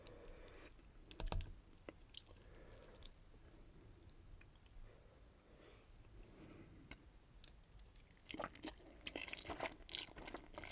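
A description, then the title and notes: Eating sushi and spicy noodles: soft wet chewing and squishing, with sharp clicks near 1 and 2 seconds and denser crackly bites after 8. ASMR Sushi & Nuclear Fire Noodles 2X Spicy Mini Mukbang (EATING SOUNDS).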